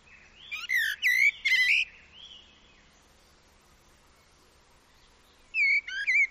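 Common blackbird singing a warbled, whistled phrase with squeaky high overtones over faint background hiss. After a pause, a second short fluty phrase follows.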